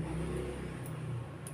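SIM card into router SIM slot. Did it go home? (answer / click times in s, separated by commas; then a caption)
yes / 1.5 s. A micro SIM card is pushed into the spring-loaded SIM slot of a 4G LTE router until it latches. Over a steady low hum and faint background noise, a short, sharp click sounds at 1.5 s as the card seats.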